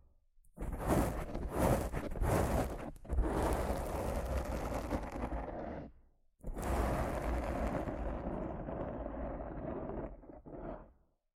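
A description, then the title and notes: Rough scratching and brushing on a microphone comes in two long, harsh passes, the first from about one to six seconds and the second from about six and a half to eleven. The first opens with several sharp, bright strokes before settling into dense, grainy rubbing with a heavy low rumble. ASMR Rough Mic Scratching & Brushing (No Talking).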